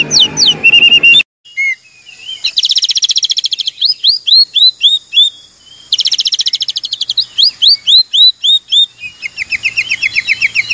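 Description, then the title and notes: Oriental magpie-robin whistling a phrase, then long rapid trills of high repeated notes broken by brief pauses, with looping whistles between runs. Long-duration 'isian' filler song for kacer (Oriental magpie-robin), used to train birds to sing actively (gacor) day and night. "Kacer Jadi Gacor Siang Malam. Isian Kacer Durasi Panjang"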